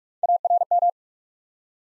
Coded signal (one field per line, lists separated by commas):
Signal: Morse code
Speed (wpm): 44 wpm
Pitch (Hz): 700 Hz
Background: none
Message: ARM